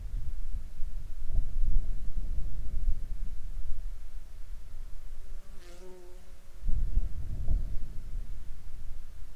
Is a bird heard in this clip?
no